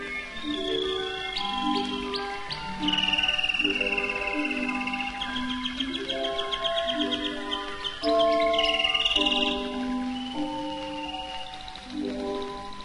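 Canary song with rapid rolling trills and bright whistled notes, set against melodic instrumental music with stepped descending tones throughout.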